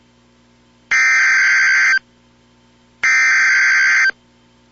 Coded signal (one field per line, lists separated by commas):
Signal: Emergency Alert System (SAME) tones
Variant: header bursts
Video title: EAS Alert #3: Tornado Warning (4/9/15)